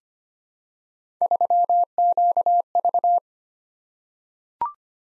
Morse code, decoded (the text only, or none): 3QV